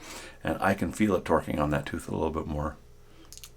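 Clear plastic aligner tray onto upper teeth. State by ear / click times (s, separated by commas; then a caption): seated / 3.3 s. A clear plastic aligner tray is pushed home over the upper teeth while someone talks. The talking ends around 2.7 s, then a short burst of sharp snaps starts at 3.3 s as the tray snaps into place and is seated.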